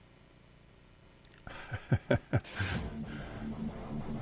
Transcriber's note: laughs; heavy metal music plays